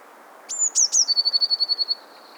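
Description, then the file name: Eurasian blue tit song: a high thin whistle, two sharp descending notes, then a rapid trill of even pulses on one pitch. "Cyanistes caeruleus"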